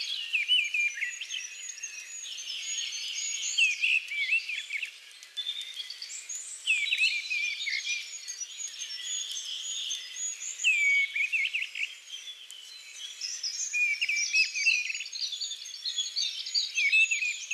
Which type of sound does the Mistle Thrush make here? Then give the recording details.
song. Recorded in the wild. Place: Kandel /Schwarzwald; Waldkirch, Baden-Württemberg, DE. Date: 2000-06-02. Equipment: MiniDisc Sharp MT 20 H. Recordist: Schwarz, Dieter. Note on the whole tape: Song